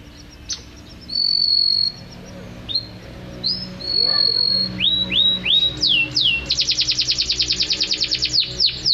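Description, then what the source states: Canary song: clear sustained whistles and swooping notes building into a fast, even rolling trill. Champion canary in strong full song, described as gacor; first-place winner in a competition.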